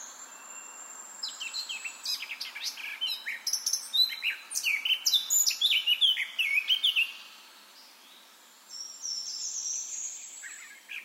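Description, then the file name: Eurasian blackcap song: a quick chirping warble building to a loud whistled phrase, a pause, then a thin, high, drawn-out whistle near the end. "Sylvia atricapilla"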